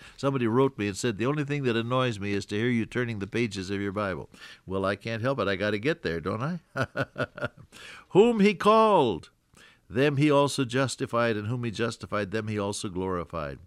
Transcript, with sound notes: Somebody wrote me and said the only thing that annoys me is to hear you turning the pages of your Bible. Well, I can’t help it. I got to get there, don’t I? (Laughs) “Whom he called, them he also justified; and whom he justified, them he also glorified.”